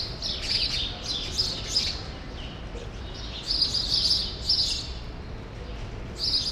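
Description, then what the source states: Sparrows giving clusters of sharp chirps in short bursts separated by brief pauses, over a faint low background noise. Several sparrows in the small remaining part of a large grove, Rue Saint-Jean Népomucène, Brussels, Belgium; recorded with Immersive Soundscapes Earsight V2 AB microphones into a Zoom F3.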